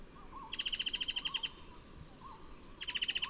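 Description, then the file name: White-rumped shama giving a fast, rattling burst of harsh repeated notes, pausing, then starting another, with a faint wavy low note recurring in the background. "burung murai besi murai cai murai air mancur"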